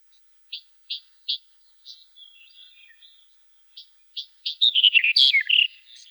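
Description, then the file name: Black-headed bunting song: three short spaced notes, some soft twittering, then a fast, loud, scratchy warbled phrase near the end. "Ovsjanka chernogolovaja"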